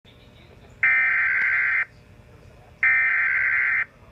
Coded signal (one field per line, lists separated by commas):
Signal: Emergency Alert System (SAME) tones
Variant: header bursts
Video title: EAS #48 Severe Thunderstorm Warning Jackson, Madison AL